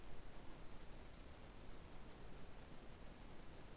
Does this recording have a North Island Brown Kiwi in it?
no